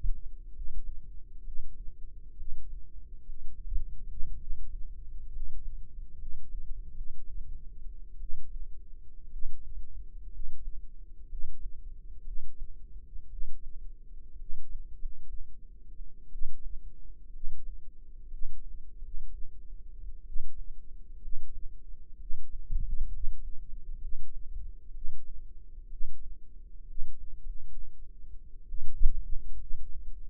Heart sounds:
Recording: heart sounds by microphone in the left ear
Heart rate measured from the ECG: 62 bpm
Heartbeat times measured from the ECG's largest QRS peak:
0.50 s: heartbeat
1.40 s: heartbeat
2.34 s: heartbeat
3.22 s: heartbeat
4.36 s: heartbeat
5.28 s: heartbeat
6.15 s: heartbeat
6.90 s: heartbeat
8.17 s: heartbeat
9.27 s: heartbeat
10.28 s: heartbeat
11.25 s: heartbeat
12.22 s: heartbeat
13.26 s: heartbeat
14.35 s: heartbeat
14.94 s: heartbeat
16.28 s: heartbeat
17.29 s: heartbeat
18.27 s: heartbeat
18.98 s: heartbeat
20.22 s: heartbeat
21.18 s: heartbeat
22.16 s: heartbeat
23.08 s: heartbeat
23.97 s: heartbeat
24.90 s: heartbeat
25.87 s: heartbeat
26.84 s: heartbeat
27.38 s: heartbeat
28.66 s: heartbeat
29.56 s: heartbeat
From the record:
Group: healthy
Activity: rest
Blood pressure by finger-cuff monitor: 112/71 mmHg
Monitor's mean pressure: 84 mmHg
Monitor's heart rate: 62 bpm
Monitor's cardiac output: 5.3 L/min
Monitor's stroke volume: 86 mL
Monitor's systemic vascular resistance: 1120 dyn s/cm5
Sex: female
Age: 22 years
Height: 171 cm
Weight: 65.6 kg

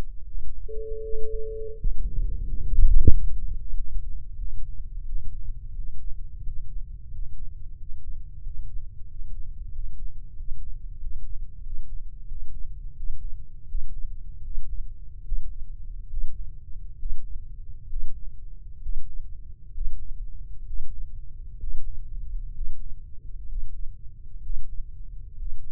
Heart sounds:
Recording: heart sounds by microphone in the left ear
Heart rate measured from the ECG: 79 bpm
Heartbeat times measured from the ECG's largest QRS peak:
0.22 s: heartbeat
0.99 s: heartbeat
1.74 s: heartbeat
2.44 s: heartbeat
3.07 s: heartbeat
3.72 s: heartbeat
4.36 s: heartbeat
5.02 s: heartbeat
5.72 s: heartbeat
6.40 s: heartbeat
7.08 s: heartbeat
7.74 s: heartbeat
8.40 s: heartbeat
9.04 s: heartbeat
9.69 s: heartbeat
10.33 s: heartbeat
10.97 s: heartbeat
11.60 s: heartbeat
12.25 s: heartbeat
12.93 s: heartbeat
13.65 s: heartbeat
14.41 s: heartbeat
15.22 s: heartbeat
16.07 s: heartbeat
16.96 s: heartbeat
17.87 s: heartbeat
18.80 s: heartbeat
19.71 s: heartbeat
20.64 s: heartbeat
21.57 s: heartbeat
22.52 s: heartbeat
23.46 s: heartbeat
24.40 s: heartbeat
25.36 s: heartbeat
From the record:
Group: healthy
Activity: rest 0-3 s, breath hold 3-26 s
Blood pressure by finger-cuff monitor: 105/79 mmHg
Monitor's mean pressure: 87 mmHg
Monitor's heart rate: 77 bpm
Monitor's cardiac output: 5.2 L/min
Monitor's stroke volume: 69 mL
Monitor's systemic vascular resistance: 1250 dyn s/cm5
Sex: male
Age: 20 years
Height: 187 cm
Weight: 68.9 kg

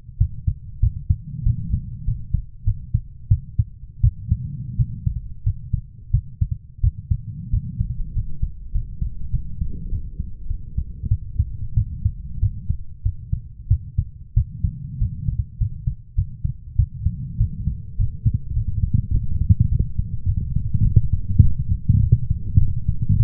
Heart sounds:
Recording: heart sounds by stethoscope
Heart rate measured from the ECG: 97 bpm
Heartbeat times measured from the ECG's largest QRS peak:
0.18 s: heartbeat
0.81 s: heartbeat
1.44 s: heartbeat
2.05 s: heartbeat
2.65 s: heartbeat
3.29 s: heartbeat
4.01 s: heartbeat
4.77 s: heartbeat
5.44 s: heartbeat
6.11 s: heartbeat
6.81 s: heartbeat
7.51 s: heartbeat
8.14 s: heartbeat
8.72 s: heartbeat
9.31 s: heartbeat
9.90 s: heartbeat
10.48 s: heartbeat
11.09 s: heartbeat
11.75 s: heartbeat
12.40 s: heartbeat
13.03 s: heartbeat
13.68 s: heartbeat
14.34 s: heartbeat
14.99 s: heartbeat
15.58 s: heartbeat
16.16 s: heartbeat
16.76 s: heartbeat
17.38 s: heartbeat
17.97 s: heartbeat
18.54 s: heartbeat
19.12 s: heartbeat
19.69 s: heartbeat
20.26 s: heartbeat
20.83 s: heartbeat
21.41 s: heartbeat
22.01 s: heartbeat
22.59 s: heartbeat
23.17 s: heartbeat
From the record:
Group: healthy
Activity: rest 0-20 s, light exercise 20-23 s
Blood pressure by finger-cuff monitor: 134/70 mmHg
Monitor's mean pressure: 91 mmHg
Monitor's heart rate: 98 bpm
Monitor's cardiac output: 8.6 L/min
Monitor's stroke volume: 89 mL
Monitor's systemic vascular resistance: 760 dyn s/cm5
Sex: female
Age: 24 years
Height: 163 cm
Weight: 55.7 kg

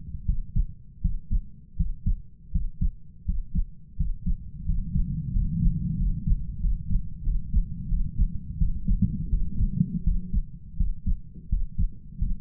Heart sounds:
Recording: heart sounds by stethoscope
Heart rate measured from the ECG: 85 bpm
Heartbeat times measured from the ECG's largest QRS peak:
0.25 s: heartbeat
1.01 s: heartbeat
1.76 s: heartbeat
2.51 s: heartbeat
3.25 s: heartbeat
3.96 s: heartbeat
4.65 s: heartbeat
5.32 s: heartbeat
5.97 s: heartbeat
6.60 s: heartbeat
7.23 s: heartbeat
7.89 s: heartbeat
8.58 s: heartbeat
9.29 s: heartbeat
10.04 s: heartbeat
10.77 s: heartbeat
11.49 s: heartbeat
12.18 s: heartbeat
From the record:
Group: healthy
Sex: male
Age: 33 years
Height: 179 cm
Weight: 80.4 kg

